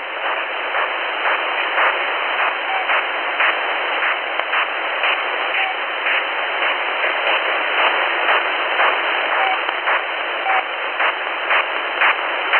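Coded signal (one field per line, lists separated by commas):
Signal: unidentified radio signal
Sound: steady radio hiss with faint regular short bursts, roughly two per second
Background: radio static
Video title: UNID "One Beep, Two Beeps" signal at 4508 kHz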